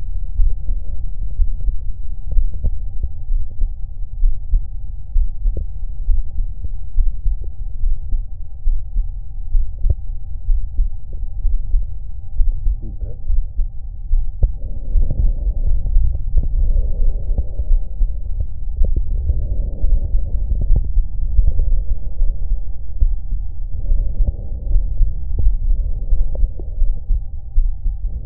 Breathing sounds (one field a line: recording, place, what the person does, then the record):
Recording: lung sounds by stethoscope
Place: right anterior apical chest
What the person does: quiet breathing, then deep breathing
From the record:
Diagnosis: none (healthy)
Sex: male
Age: 30 years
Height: 190 cm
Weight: 88 kg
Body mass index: 24.4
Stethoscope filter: extended mode